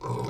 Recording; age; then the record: pig call; weaner (32 to 43 days)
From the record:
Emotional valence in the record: negative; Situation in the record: novel object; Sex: female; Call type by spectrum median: low-frequency call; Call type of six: low-frequency stable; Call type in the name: low-frequency stable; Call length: 0.29 s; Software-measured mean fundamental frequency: 63 Hz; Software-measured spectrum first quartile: 167 Hz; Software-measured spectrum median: 422 Hz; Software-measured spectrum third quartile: 926 Hz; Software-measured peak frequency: 422 Hz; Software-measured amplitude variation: 119 dB a second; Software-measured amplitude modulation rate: 28.9 a second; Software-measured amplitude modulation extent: 4.1 dB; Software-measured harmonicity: 0.2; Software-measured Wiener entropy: -0.85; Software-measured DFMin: 1015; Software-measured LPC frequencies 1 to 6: 390, 997, 2252, 3450, 4059, 4904 Hz